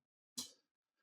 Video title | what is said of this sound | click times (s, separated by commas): How to Repaste and Clean ASUS N580V N580VD Laptop - Thermal Paste Service | Push the back corner. Make sure those nice click sounds on the side, the front. | 0.4 s